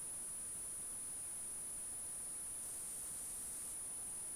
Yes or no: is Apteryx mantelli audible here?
no